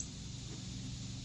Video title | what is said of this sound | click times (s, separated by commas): Wisner 4x5 Technical Field Camera: Set Up and Take Down | down till it clicks | 0.0 s